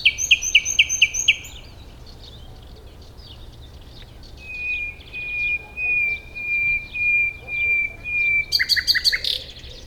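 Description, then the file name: Common nightingale song: quick repeated notes, then a long, pure whistle held steady for several seconds that swells in pulses, ending in a burst of rapid chirps. "Luscinia megarhynchos"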